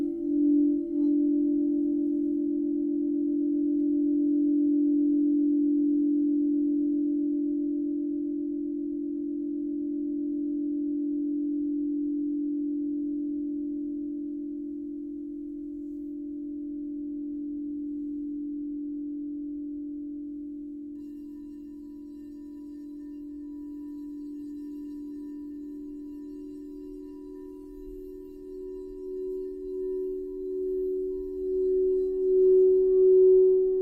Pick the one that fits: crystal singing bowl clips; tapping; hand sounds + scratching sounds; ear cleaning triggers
crystal singing bowl clips